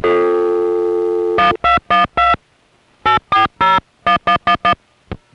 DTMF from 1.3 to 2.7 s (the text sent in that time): 1212